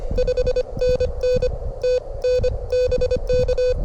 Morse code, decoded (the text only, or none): 5NN TNBK